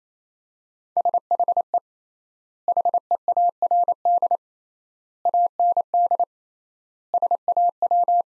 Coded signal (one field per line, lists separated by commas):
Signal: Morse code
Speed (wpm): 28 wpm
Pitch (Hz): 700 Hz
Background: none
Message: SHE HEARD AND SAW